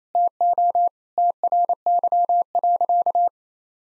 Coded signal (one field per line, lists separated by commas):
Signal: Morse code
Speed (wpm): 27 wpm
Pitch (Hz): 700 Hz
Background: none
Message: TO TRY.